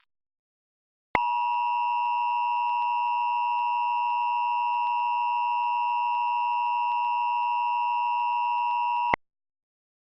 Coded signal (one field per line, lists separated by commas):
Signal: Emergency Alert System (SAME) tones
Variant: 853 and 960 Hz attention tone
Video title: EAS Scenario #1 - Black Hole